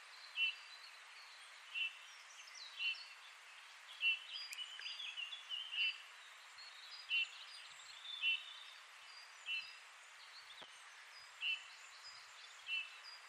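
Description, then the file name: Eurasian bullfinch uttering a steady series of soft whistled notes, about ten in all, with faint chirps from other birds behind. "Pyrrhula pyrrhula"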